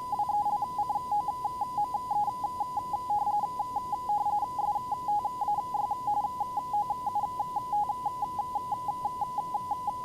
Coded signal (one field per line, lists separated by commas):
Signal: RTTY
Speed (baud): 45.45 baud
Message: WELCOME STAY OUT